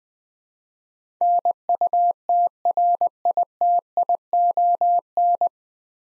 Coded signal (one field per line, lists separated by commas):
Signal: Morse code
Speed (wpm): 20 wpm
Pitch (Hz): 700 Hz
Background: none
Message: NUTRITION